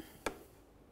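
A plastic emblem is pressed into the front grille of a 2009–2020 Dodge Journey, with its locking tabs lined up with the grille holes. A single sharp click at 0.3 s marks the tabs snapping into place against a quiet background. The emblem is seated and confirmed secure when pushed from behind.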